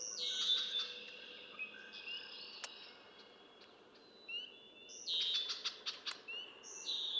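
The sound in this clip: Red-winged blackbird, buzzy rattling trill phrases near the start and end, with thin whistles between them.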